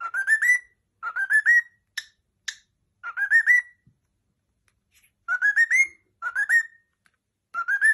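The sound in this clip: Cockatiel repeats a short, rising whistled phrase of quick stepped notes several times, with a couple of sharp chirps between.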